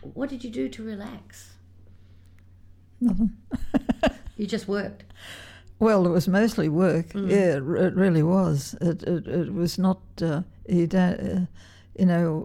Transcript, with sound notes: What did you do to relax?
Nothing [laughs]
You just worked?
Well it was mostly work, yeah, it really was. It was not — you don’t — you know,